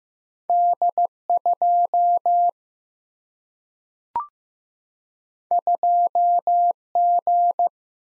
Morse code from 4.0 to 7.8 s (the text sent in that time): 2 G